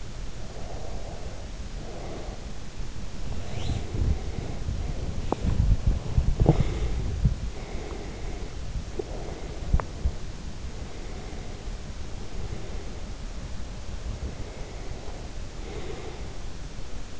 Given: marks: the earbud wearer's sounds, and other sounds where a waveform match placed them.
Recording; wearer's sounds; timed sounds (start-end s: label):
sounds in sleep by an in-ear microphone; breath, body movement
0.13-2.83 s: breath
3.22-10.69 s: body movement
3.60-6.76 s: breath
7.48-10.04 s: breath
10.69-13.49 s: breath
13.97-16.83 s: breath